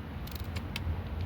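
A torque wrench tightens another valve cover bolt on a 2020 Chevy Trax 1.4 turbo, with a few faint ticks around 0.3, 0.4 and 0.6 seconds over a low background rumble. A sharp, distinct click comes at 0.8 seconds, showing the bolt has reached 71.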